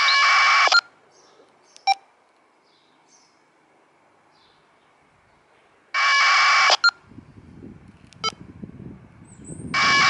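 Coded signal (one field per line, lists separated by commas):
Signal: packet radio (AX.25, as in APRS)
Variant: 1200 baud AFSK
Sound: three short harsh warbling data bursts, each followed by short radio beeps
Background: radio squelch noise, beeps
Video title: ISS-APRS with TH-D72 + MFJ-1714 The Long Ranger 2 Meter ½ wave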